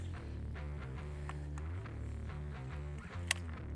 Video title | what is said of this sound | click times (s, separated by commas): A New Era of Crossbows | there's our click and our latch lever went down and back up | 3.3 s